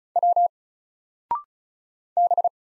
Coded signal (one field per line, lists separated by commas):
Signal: Morse code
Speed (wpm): 36 wpm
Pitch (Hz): 700 Hz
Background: none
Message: W B